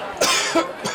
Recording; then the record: coughing mixed with background sound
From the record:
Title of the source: Dry Coughing Fit in the Afternoon.